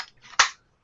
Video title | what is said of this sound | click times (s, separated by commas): The True Vapors show #58 "A call for help"! | gotta batter and the the magnets are a little on the weak side but since the battery kind of snaps into place it | 0.4 s